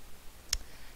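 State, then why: Released. A pressed jewelry magnet topper, with its cloth/paper topper and metal base squeezed together, pops out of the plastic head of a button-maker tool after the rubber is peeled back. A single sharp click sounds at 0.5 s as the finished magnet piece comes free, and the piece is released.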